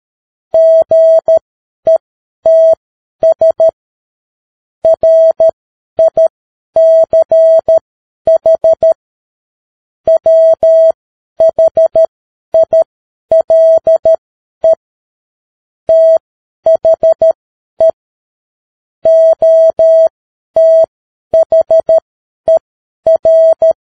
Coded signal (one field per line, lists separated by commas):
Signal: Morse code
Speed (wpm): 13 wpm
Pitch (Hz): 650 Hz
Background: none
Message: GETS RICH WHILE THE OTHER